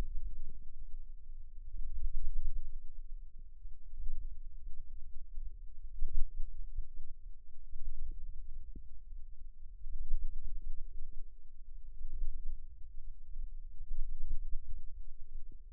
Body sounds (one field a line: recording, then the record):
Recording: forearm muscle sounds (acoustic myography)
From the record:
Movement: wrist extension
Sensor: system 2, bracelet of six BSWA MPA416 microphones around the upper forearm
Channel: 5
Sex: female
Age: 22 years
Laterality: right